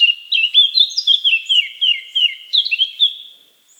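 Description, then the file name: Eurasian blackcap song of loud, pure fluting whistles, each note sliding down, strung in a quick, rhythmic series before fading out. "Sylvia atricapilla"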